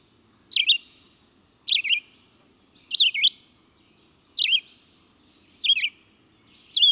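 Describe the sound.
Red-eyed vireo song of six short, warbled phrases, each rising and falling, repeated roughly every one and a quarter seconds with brief gaps between.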